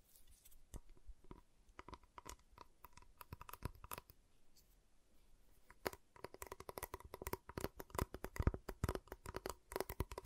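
Sharp taps, snaps and crunches on a giant chocolate bar. The first half is sparse, with scattered clicks over a faint hum; after about six seconds the taps come quicker and louder in dense irregular bursts, with a bright crisp edge.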